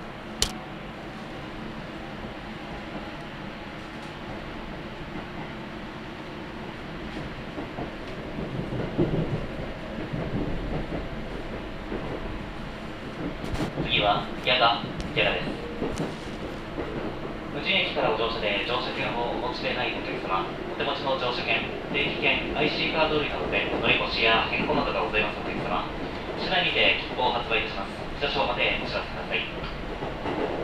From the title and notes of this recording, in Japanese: 御殿場線 山北→御殿場。やってくるのは2両とか3両の短い編成です。